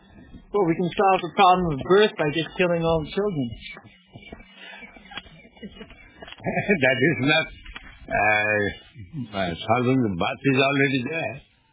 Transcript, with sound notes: Well, we can solve the problem of birth by just killing all the children.
[laughing] That is not solving. The birth is already there;